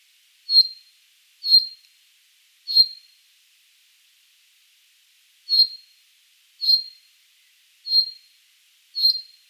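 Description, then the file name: Common chaffinch calling with crisp 'pink' notes, three in quick succession, a pause of nearly three seconds, then four more, with a still background. "Fringilla coelebs"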